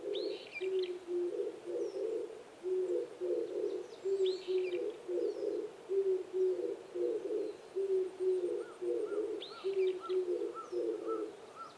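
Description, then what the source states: Oriental turtle dove singing deep cooing phrases over and over, with high chirps from other birds and a soft repeated whistled note in the background. Recorded 26 April 2010 at 05:29.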